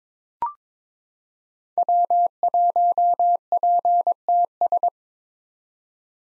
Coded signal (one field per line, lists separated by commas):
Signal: Morse code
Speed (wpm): 21 wpm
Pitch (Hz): 700 Hz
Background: none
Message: W1PTS